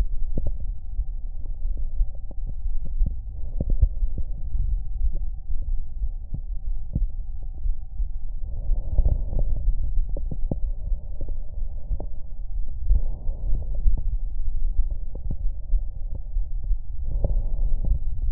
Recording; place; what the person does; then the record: lung sounds by stethoscope; right anterior apical chest; quiet breathing, then deep breathing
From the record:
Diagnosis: COPD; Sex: female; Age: 65 years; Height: 156 cm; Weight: 63.9 kg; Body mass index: 26.3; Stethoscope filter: extended mode